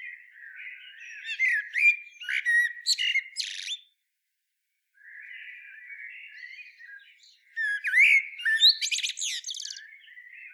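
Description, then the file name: Common blackbird singing two twittering phrases of shrill, scratchy notes separated by a silent gap, with low mellow warbling between them. "Turdus merula"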